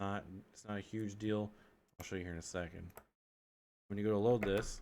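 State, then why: Not seated. A spring and washer component is being handled during assembly of a 3D-printed device, with the spring-loaded part about to be pushed on, but nothing has seated or clicked yet. Someone talks throughout, with a brief silent pause near the end before the talking resumes.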